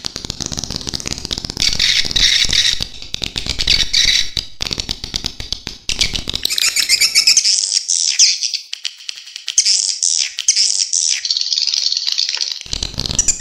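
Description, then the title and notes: Swiftlet calls, a busy high chirping chorus with clicky bursts, then thinner trilling twitters over near silence before clicks return at the end. Swiftlet sound used in bird farming in Asia. "Swiflet Bird Sound. Farming Swiflet Bird asia sound"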